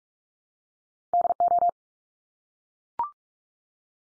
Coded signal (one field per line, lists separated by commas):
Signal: Morse code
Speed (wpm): 44 wpm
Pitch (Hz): 700 Hz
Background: none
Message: DO